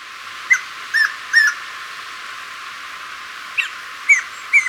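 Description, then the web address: Tawny antpitta calls: short, sharp notes, three close together, then a pause and three more, over a faint steady hiss. Recorded in Ecuador. "Birds of Ecuador 2. Tawny Antpitta"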